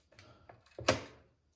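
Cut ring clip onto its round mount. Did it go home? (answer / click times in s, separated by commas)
yes / 0.9 s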